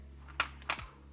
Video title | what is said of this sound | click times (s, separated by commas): OnePlus 3 broken screen replacement tutorial - disassembly and reassembly | I heard a click now | 0.4 s, 0.7 s